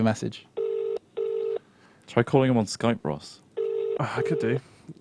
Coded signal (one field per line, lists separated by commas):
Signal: telephone call progress tone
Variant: UK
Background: speech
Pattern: ringback tone